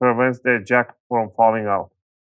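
Someone talks while handling a small metal retaining cover on an ASUS ROG Strix G15 G512LI laptop motherboard, about to push it over a connector jack to keep the jack from falling out. Only speech is heard, and nothing has seated or clicked yet.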